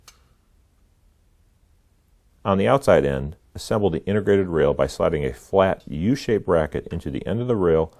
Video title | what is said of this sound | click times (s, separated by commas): Ology 120 Degree Pentagon Height Adjustable Desk - Installing Integrated Rail | Press on the end cap detail. You should hear a click. | 0.1 s